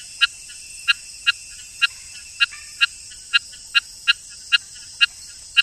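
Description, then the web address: Rain frog calls: short bright clicking notes repeated irregularly about every half second, over a steady high insect drone. Ecuadorian Amazon, South America. "Natures Songs. Frogs of Ecuadorian Amazon Eleutherodactylus sp"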